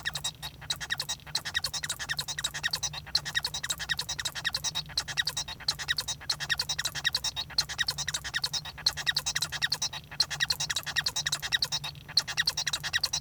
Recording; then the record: song of a male Bengalese finch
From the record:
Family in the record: son of father 1